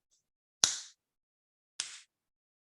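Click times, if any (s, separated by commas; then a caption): 0.6 s, 1.8 s. A plastic cover piece is pressed onto a Hygeia Evolve breast pump valve housing over the silicone diaphragm, producing two sharp snapping clicks at 0.6 s and 1.8 s. The clicks show the cover has seated tight and in place.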